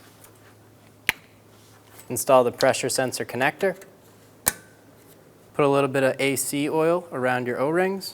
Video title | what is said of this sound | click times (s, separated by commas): How to Replace Radiator Support 2007-2012 Nissan Altima | slide it into place push the condenser down into place until it clicks | 1.1 s